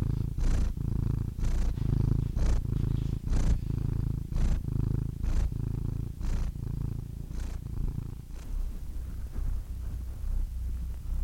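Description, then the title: Domestic cat giving a low purr with a breathy pulse about once a second, the rhythm loosening and quieting toward the end. "The Ultimate Compilation of Adorable Cat Meows 🐱😺 #CatMeows #CuteKittens"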